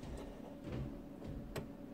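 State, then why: Seated. The replacement humidity/temperature sensor's plastic cable plug on a Brinsea Ovaeasy Advance Series II incubator is pushed back into its socket in the incubator lid. Over a low steady hum and soft handling noise, a single sharp click is heard at 1.6 seconds as the plug seats in place.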